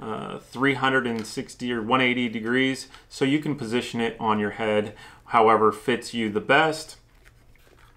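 Someone talks while handling a headset, whose rotating plastic microphone boom on the ear cup is being swung over toward its rotation detent. Faint handling ticks are heard near the end, but the boom has not yet clicked into place; nothing has seated.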